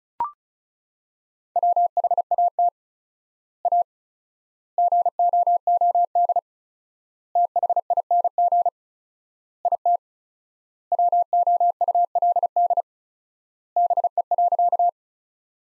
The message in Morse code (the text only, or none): WHAT A GOOD THING IT WOULD BE.